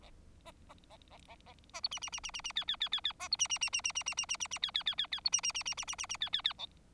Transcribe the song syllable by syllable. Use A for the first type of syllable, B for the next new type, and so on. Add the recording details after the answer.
A A A A A A A B C C C C C C D D D D D A B C C C C C C C C C C C D D D D D B C C C C C C C C D D D E. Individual Bird4